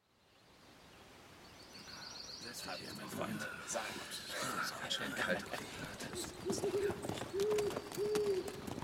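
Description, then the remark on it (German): Hooves of horses coming back approach, a rhythmic clatter of clopping beats that swells from silence and grows steadily louder, with a few short, low hooting tones toward the end. “Ich höre Pferde. Sie kommen zurück.”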